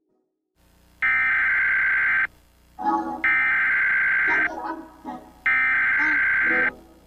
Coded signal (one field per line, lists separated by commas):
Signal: Emergency Alert System (SAME) tones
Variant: header bursts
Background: speech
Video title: RATING EAS ALARMS WITH MY AUTOTUNE AHH VOICE